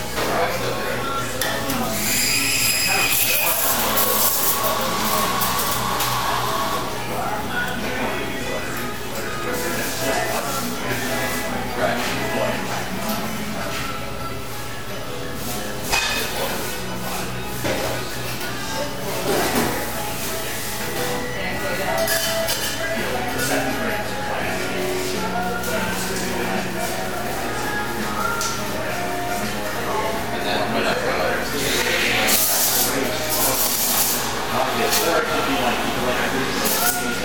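Inside a busy coffee shop, a dense, steady wash of overlapping chatter fills the room, with footsteps and shuffling mixed in. A constant low hum runs underneath, and brief bright clinks and clatters of dishes or equipment pop up every few seconds.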